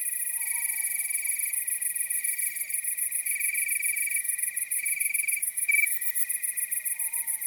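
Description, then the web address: Cricket gives bursts of rapid pulsed chirps, then a brief louder flurry, over a high continuous trill; a faint sliding whistle sounds at both ends. Nocturnal wasteland at night. "Nature Chill Out 2014. Toads, Nighthawks and Crickets"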